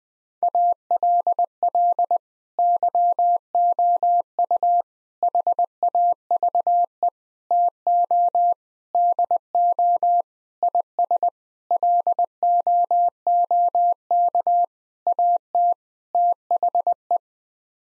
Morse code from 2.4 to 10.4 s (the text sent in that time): YOU HAVE TO DO